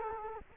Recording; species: mosquito wingbeat signal from an infrared sensor; Culex quinquefasciatus